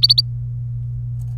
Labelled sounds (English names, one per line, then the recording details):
Domestic Canary song
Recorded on 26 April 2018 at 15:09
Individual llb3